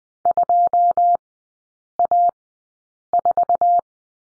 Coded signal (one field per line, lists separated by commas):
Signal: Morse code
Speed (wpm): 20 wpm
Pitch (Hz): 700 Hz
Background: none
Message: 2A4